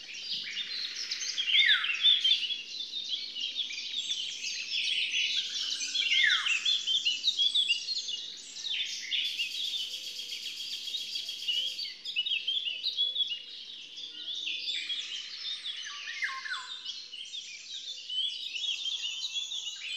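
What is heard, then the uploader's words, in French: In a small wood, a Eurasian golden oriole whistles with occasional swooping notes over a dense, bright, continuous chorus of other chirping birds. Dans un petit bois bordant la plaine de Marsal près de Dieuze un Loriot d'Europe (Oriolus oriolus) lance son sifflet agréable. Autour toute une ambiance de campagne est installée et le Rossignol en second plan est aussi très locace. Un loriot dans le bois.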